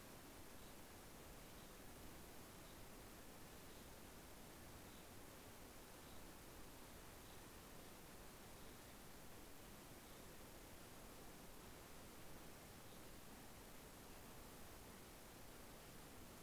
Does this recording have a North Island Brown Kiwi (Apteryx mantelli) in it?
no